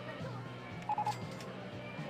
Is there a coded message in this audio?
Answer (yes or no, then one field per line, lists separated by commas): no